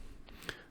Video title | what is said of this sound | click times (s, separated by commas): CR50 Samsung curved LCD 32 inch monitor review and setup 1080p | and then it should just snap right into place and you'll be good to go | 0.5 s